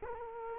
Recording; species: mosquito wingbeat signal from an infrared sensor; Culex quinquefasciatus